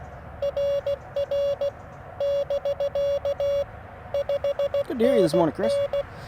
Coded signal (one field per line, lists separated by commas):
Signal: Morse code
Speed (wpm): 16 wpm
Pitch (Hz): 3400 Hz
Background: speech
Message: RR <BK> 5NN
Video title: FX-4CR First Impressions & Morning Morse Code - 11/21/2024